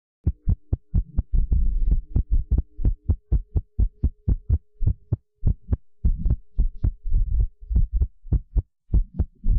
Irregular Fast Heartbeat.